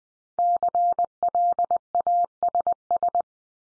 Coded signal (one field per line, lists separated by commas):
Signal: Morse code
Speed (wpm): 20 wpm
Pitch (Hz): 700 Hz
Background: none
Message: CLASS